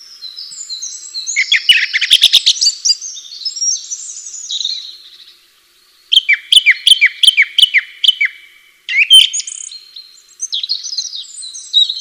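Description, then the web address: Bird song with a dense twittering opening, then a rapid series of sharp descending chirps repeated about three times a second, followed by more varied high warbling. "atelierson sons birds"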